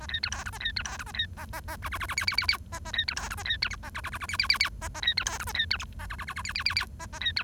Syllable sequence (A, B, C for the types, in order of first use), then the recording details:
A B C D E A B C D E A B A A A F F F F G G G G A A B C D E A B C H A F F F F G G G G A A B C D E A B C H A F F F F G G G G A A B C. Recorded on 1 October 2012 at 07:27. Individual or60yw70